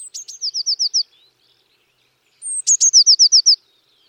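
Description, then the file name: Eurasian blue tit with two phrases: a high thin opening note followed by a rapid series of short falling trill notes. "Cyanistes caeruleus"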